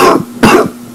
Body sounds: coughing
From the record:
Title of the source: Coughing 77

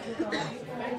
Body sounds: coughing mixed with background sound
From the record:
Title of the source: female coughing - coughing sound effects girl

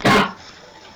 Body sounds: coughing mixed with background sound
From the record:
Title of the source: Barking cough - # 10

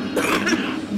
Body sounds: coughing mixed with background sound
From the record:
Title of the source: 31 night wet cough

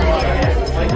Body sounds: background sound without coughing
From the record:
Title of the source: Nightlife Party Simulating Party Club Noise 1 Hour

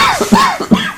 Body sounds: coughing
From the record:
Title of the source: Spring Allergy Coughing

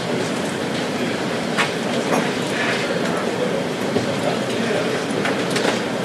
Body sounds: background sound without coughing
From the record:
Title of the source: Office Sounds Ambience - Background Noise for Study and Work

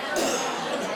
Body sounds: coughing mixed with background sound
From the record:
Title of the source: Residual Phlegmy Morning Coughing and Gagging

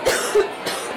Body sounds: coughing mixed with background sound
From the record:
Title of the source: 30 Chesty and wet cough

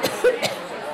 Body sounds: coughing mixed with background sound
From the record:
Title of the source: Coughing Woman Sound - Woman Cough Sound Effect

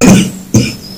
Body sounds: coughing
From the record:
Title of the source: Spring Cold Coughing.

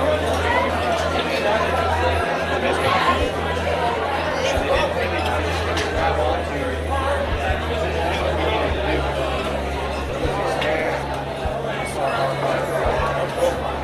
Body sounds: background sound without coughing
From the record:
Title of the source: CITY SOUNDS Busy Bar in the Evening Night - 2 HOURS of Ambiance for Relaxation

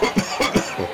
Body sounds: coughing mixed with background sound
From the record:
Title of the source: Dry Afternoon Cough

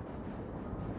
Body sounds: background sound without coughing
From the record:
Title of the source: Train Ride Ambience ambient white noise for sleeping, focus, studying, reading

